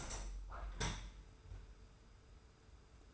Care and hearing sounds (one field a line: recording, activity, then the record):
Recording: daily activity, microphone in the room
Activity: open window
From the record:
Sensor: 2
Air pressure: 991.1 hPa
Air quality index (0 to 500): 135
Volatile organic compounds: 186 ppm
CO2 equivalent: 4166 ppm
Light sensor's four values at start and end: 38/109/43/41 and 38/109/43/41